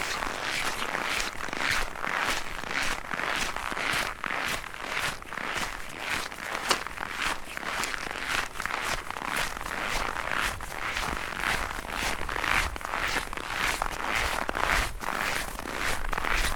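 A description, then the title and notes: Footsteps crunch across cold snow at a brisk, steady pace, roughly two to three steps a second for the whole stretch. Each step gives a crisp, bright squeak and crackle, with a faint low outdoor rumble underneath. Footsteps of a pilgrim on cold snow.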